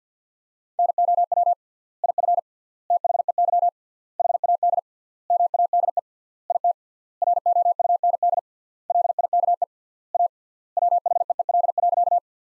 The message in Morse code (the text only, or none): NOW IF THEY HAD MADE IT ROUND LIKE A WHEEL.